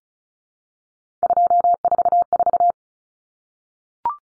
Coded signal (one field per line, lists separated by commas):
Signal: Morse code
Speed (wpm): 34 wpm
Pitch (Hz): 700 Hz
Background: none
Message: 244